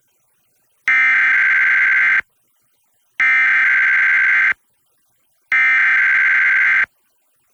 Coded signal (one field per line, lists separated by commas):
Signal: Emergency Alert System (SAME) tones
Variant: header bursts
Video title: EAS #1042-1044: 3 EAS Required Monthly Tests- Jan. 7, 2025- 10:15AM PST